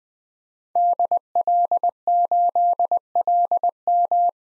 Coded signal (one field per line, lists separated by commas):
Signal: Morse code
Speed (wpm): 20 wpm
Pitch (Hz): 700 Hz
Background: none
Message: DL8LM